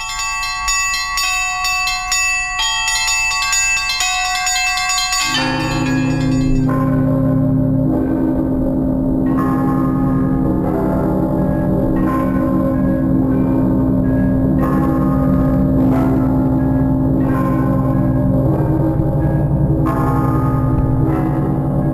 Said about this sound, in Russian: К 17 столетию наступил золотой период в истории звонницы. Один из лучших колокольных наборов в мире работал в полную силу.